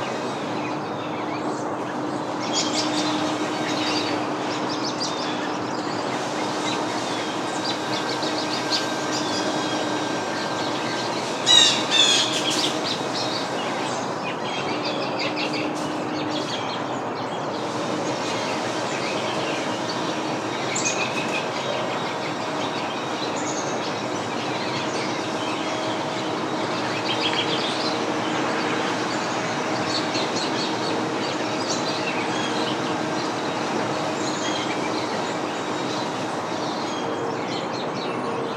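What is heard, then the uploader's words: A leaf blower drones steadily in a suburban backyard while backyard birds chirp intermittently above it, with a brief burst of clattering near twelve seconds. A Symphony of Backyard Birds and Blowing Leaves. Unseasonal backyard birds pair their song with a seasonal leaf blower in an autumnal suburban backyard in Michigan.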